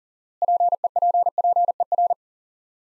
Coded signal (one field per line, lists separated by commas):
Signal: Morse code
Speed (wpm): 40 wpm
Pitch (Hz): 700 Hz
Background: none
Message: PEPPER